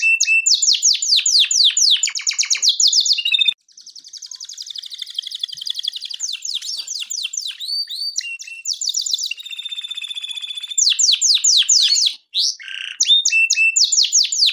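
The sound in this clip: Canary song, a dense stream of high sweeping notes repeated at a fast pace, alternating with buzzy rolled trills and brief chirps.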